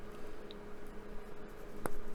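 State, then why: Seated. A small clear plastic window is pressed onto its pegs in the port side nose fuselage of a plastic Lancaster B.III model bomber. After a quiet stretch with a faint tick at 0.5 s, a sharp snap is heard at 1.9 s as the window seats in place.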